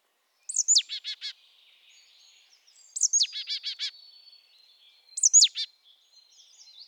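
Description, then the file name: Marsh tit calls: a sharp high note sliding down, then several quick buzzy notes, given three times about every two and a half seconds. "Poecile palustris"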